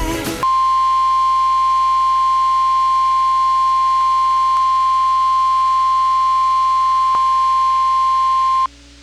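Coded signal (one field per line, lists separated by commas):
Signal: Emergency Alert System (SAME) tones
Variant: 1050 Hz attention tone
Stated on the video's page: Two severe thunderstorm warnings received from a 106.5 FM station and a NOAA weather radio transmitter.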